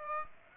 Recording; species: mosquito wingbeat signal from an infrared sensor; Aedes aegypti